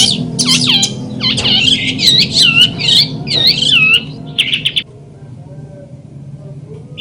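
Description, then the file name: Long-tailed shrike giving a rapid run of down-slurred whistles and harsh chirps, then near silence apart from a short final note. Song heard during a simulated songbird competition held at a gathering. "audio simulasi lomba cendet gathering. omkicau"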